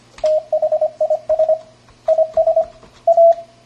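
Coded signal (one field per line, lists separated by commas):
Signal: Morse code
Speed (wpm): 25 wpm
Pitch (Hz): 630 Hz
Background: radio noise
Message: THIS IS A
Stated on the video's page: Morse sent by a homebuilt PICadillo 35T-based keyer without an internal speaker, sending an eBook text file.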